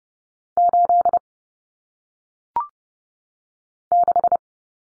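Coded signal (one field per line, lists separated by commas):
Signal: Morse code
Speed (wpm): 30 wpm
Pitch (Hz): 700 Hz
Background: none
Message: 86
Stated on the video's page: Morse code practice of common single-digit cut numbers at 30 wpm, with T, A, N standing for 0, 1, 9, each sent, spoken, then sent again.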